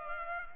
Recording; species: mosquito wingbeat signal from an infrared sensor; Culex pipiens